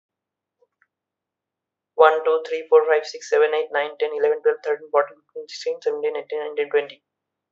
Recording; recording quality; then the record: counting at a fast pace; excellent, no background noise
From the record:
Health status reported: exposed to COVID-19, no respiratory illness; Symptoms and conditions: none ticked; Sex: male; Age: 29 years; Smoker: not ticked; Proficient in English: yes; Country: India